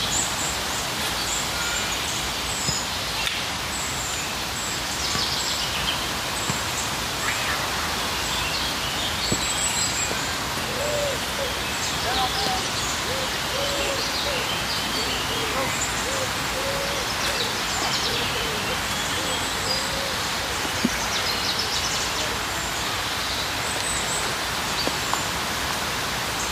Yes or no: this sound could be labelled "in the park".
yes